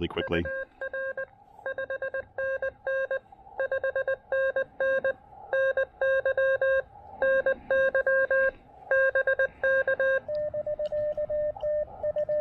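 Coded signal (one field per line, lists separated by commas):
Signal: Morse code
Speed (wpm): 20 wpm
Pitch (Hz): 1600 Hz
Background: speech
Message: UR 5NN 5NN NY NY BK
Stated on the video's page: Portable QRP Morse activation on 20 meters using an Elecraft KX2 with the AX1 antenna.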